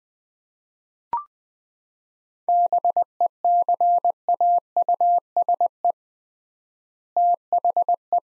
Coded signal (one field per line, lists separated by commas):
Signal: Morse code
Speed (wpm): 20 wpm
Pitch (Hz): 700 Hz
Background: none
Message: BECAUSE THE